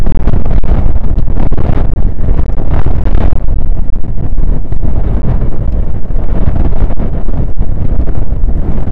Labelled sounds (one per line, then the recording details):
wind
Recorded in the Prudhoe Bay oil fields, Alaska, on 1 August 2019 at 02:02
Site 29